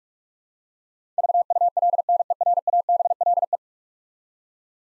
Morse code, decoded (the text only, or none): VULNERABLE